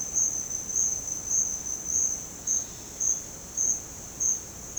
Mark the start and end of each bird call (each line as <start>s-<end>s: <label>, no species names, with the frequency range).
2.47s-3.30s: bird call (3.0-5.1 kHz)